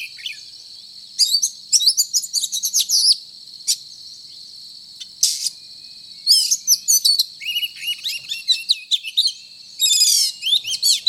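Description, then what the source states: Oriental magpie-robin delivering rapid bursts of scratchy chirps and whistled phrases with quiet gaps between, accompanied by a steady shrill background tone. Indonesian name kacer; described as gacor, meaning singing vigorously and continuously.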